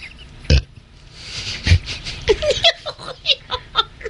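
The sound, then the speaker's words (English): Two loud, low, sputtering fart blasts about a second apart, followed by a run of short, rhythmic bursts of giggling laughter. “Did somebody fart?”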